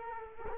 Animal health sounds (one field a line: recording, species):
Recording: mosquito wingbeat signal from an infrared sensor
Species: Culex quinquefasciatus